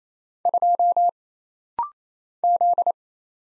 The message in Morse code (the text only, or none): 2 Z